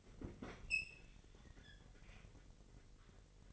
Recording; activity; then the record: daily activity, microphone in the room; open fridge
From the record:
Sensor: 4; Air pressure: 1002.8 hPa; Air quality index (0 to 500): 245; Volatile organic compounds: 18 ppm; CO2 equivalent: 2624 ppm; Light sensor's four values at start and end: 4/10/3/4 and 4/9/3/4